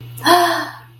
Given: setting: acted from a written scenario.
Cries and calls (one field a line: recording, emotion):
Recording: vocal sound without words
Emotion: positive surprise